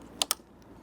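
A battery cap is pushed onto a foil drive battery housing and clipped together with it. Two sharp clicks sound at 0.2 s and 0.3 s over quiet background, and the cap is seated and clipped on.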